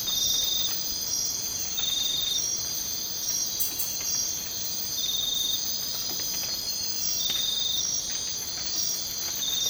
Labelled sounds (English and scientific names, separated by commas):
none